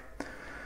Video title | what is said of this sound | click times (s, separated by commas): UNBOXING: DEWALT 20 VOLT CORDLESS JIG SAW | so it snaps into place here | 0.2 s